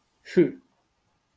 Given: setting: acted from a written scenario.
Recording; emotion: vocal sound without words; contempt